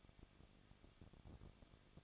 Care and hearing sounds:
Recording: daily activity, microphone in the room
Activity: no activity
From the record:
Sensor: 4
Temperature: 23.0 degrees Celsius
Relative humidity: 34.3%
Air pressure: 1007.3 hPa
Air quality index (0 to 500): 217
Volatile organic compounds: 15 ppm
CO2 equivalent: 2519 ppm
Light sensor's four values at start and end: 2/3/1/1 and 2/3/1/1

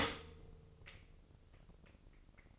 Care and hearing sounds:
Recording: daily activity, microphone in the room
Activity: stop toaster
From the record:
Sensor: 4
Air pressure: 1007.8 hPa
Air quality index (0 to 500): 105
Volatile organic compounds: 1 ppm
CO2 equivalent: 775 ppm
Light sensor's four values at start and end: 11/24/10/10 and 11/24/10/10

